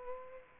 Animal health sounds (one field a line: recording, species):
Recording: mosquito wingbeat signal from an infrared sensor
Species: Culex pipiens